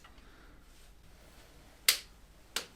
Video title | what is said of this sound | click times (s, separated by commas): Part 13 - Fitting Timing Belt, Cam Oil Seal and Engine Mount on MINI R56 Cooper Peugeot 1.6 HDI DV6 | there we are there's our click | 1.9 s